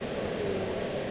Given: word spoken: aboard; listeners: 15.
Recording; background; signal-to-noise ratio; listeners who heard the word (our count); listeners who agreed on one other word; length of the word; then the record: one English word in noise, from a listening test; speech-shaped noise; -4.8 dB; 0 of 15; 7 of 15; 0.71 s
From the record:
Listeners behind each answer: 7, 2, 1, 1, 1, 1, 1, 1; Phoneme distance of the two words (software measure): 7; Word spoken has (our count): 2 syllables, 4 phonemes, stress on syllable 2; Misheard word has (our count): 1 syllable, 3 phonemes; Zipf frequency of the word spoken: 4.11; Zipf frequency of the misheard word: 4.18